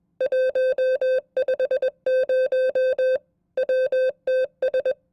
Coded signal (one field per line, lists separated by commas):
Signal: Morse code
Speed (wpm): 21 wpm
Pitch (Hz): 520 Hz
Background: music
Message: 150 WTS